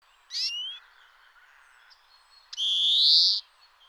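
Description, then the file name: European greenfinch call: a short twittering note, then after about two seconds a long, nasal, buzzy wheeze that swells and rises slightly in pitch. "Chloris chloris"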